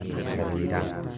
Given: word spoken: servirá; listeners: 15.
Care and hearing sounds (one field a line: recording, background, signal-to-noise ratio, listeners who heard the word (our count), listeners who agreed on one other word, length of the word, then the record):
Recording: one Spanish word in noise, from a listening test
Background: eight-talker babble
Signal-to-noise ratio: -2.5 dB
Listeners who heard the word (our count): 0 of 15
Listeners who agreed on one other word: 6 of 15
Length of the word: 0.79 s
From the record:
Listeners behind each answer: 6, 2, 1, 1, 1, 1, 1, 1, 1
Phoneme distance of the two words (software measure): 38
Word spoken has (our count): 3 syllables, 7 phonemes, stress on syllable 3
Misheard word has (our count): 4 syllables, 9 phonemes, stress on syllable 4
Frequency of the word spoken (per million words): 11.10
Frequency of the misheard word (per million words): 236.32